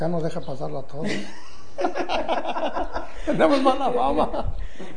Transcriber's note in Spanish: risas